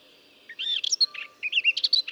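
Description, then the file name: Eurasian blackcap song, a brief burst of scratchy, rapid warbling notes starting after half a second, with a short pause midway before the chatter resumes. "Sylvia atricapilla"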